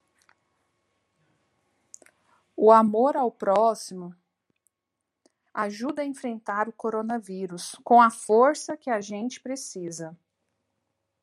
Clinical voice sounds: spoken sentence; Brazilian Portuguese; female; 30 to 39 years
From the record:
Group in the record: control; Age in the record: 37 years

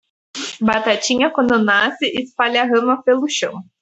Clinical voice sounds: short text; Brazilian Portuguese; female; 20 to 29 years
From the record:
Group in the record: control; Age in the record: 24 years

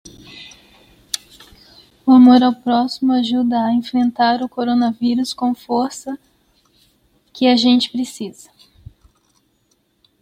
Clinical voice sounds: spoken sentence; Brazilian Portuguese; female; 30 to 39 years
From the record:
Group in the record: control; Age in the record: 38 years

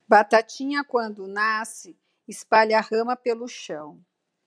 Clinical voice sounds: short text; Brazilian Portuguese; female; 50 to 59 years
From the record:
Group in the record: control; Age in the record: 53 years

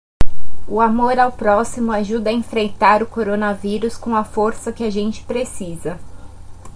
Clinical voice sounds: spoken sentence; Brazilian Portuguese; female; 20 to 29 years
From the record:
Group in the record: control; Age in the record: 29 years

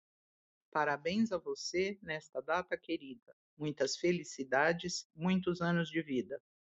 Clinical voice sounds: short text; Brazilian Portuguese; female; 60 to 69 years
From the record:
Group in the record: control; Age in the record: 64 years

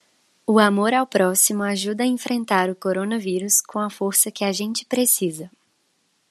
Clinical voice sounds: spoken sentence; Brazilian Portuguese; female; 20 to 29 years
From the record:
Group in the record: control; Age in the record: 23 years

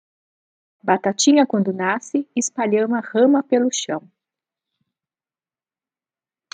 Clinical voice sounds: short text; Brazilian Portuguese; female; 50 to 59 years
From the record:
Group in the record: control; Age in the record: 59 years

